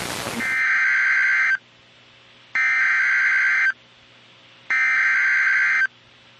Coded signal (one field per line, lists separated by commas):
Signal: Emergency Alert System (SAME) tones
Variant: header bursts